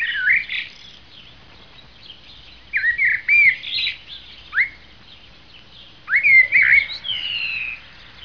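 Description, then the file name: Bird calls: clusters of slurred, chirping whistles that sweep up and down, in quick groups separated by short pauses. "ptak"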